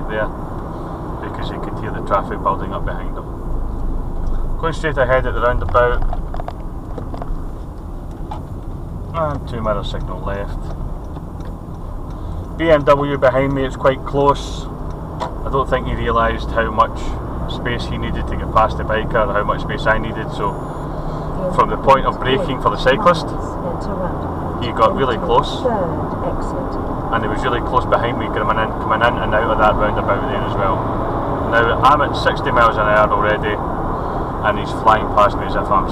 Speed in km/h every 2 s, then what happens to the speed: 50, 42, 37, 29, 27, 31, 34, 40, 48, 55, 60, 63, 68, 74, 77, 84, 84, 87.
0-8 slows to 27. 8-36 speeds up to 87.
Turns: none.